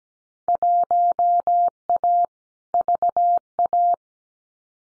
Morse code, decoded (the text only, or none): 1A VA